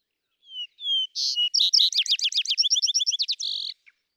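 Vesper sparrow singing a pair of soft whistled introductory notes, followed by a buzzy note and a long, fast series of tumbling chips and trills.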